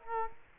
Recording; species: mosquito wingbeat signal from an infrared sensor; Culex quinquefasciatus